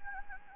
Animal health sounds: mosquito wingbeat signal from an infrared sensor; Anopheles gambiae

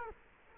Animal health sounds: mosquito wingbeat signal from an infrared sensor; Culex quinquefasciatus

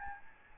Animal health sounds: mosquito wingbeat signal from an infrared sensor; Aedes albopictus

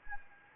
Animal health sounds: mosquito wingbeat signal from an infrared sensor; Anopheles gambiae

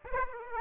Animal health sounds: mosquito wingbeat signal from an infrared sensor; Aedes aegypti

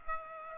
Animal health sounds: mosquito wingbeat signal from an infrared sensor; Aedes aegypti

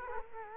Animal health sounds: mosquito wingbeat signal from an infrared sensor; Culex quinquefasciatus

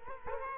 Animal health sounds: mosquito wingbeat signal from an infrared sensor; Culex quinquefasciatus

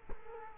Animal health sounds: mosquito wingbeat signal from an infrared sensor; Culex quinquefasciatus

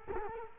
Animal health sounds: mosquito wingbeat signal from an infrared sensor; Culex quinquefasciatus

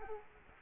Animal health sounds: mosquito wingbeat signal from an infrared sensor; Culex quinquefasciatus

